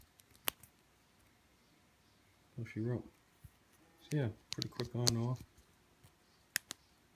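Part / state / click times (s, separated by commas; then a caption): plastic wire clip on joined servo connectors / seated / 6.6 s. A 3D-printed plastic wire clip for JR servo connectors is pressed over the joined servo connectors, with a few faint ticks and a sharp click early on and someone talking in the middle. The clip clicks into place at 6.6 s with a crisp snap, followed by a smaller tick. It takes a little effort to remove.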